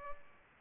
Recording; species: mosquito wingbeat signal from an infrared sensor; Culex pipiens